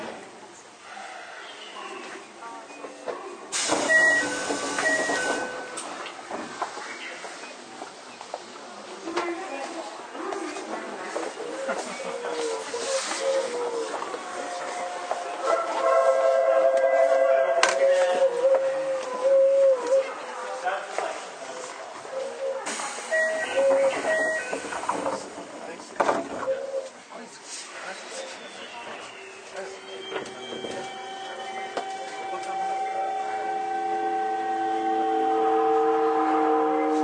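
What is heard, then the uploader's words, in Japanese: A Toei 5300 series train running between Oshiage and Gotanda: steady rolling rumble with whining motor tones that shift mid-clip and sharp clattering bursts near 4 and 23 seconds. After about 29 seconds, several tones climb steadily as the train accelerates. 都営5300形 押上ー五反田。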